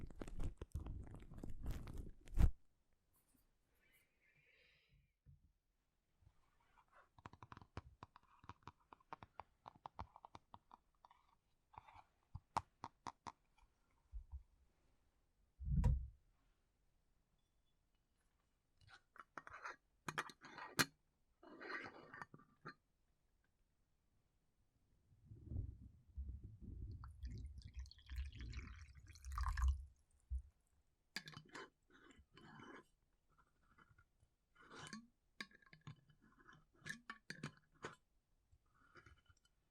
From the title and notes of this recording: ASMR Hair Salon RP brushing, haircut, treatment (No Talking).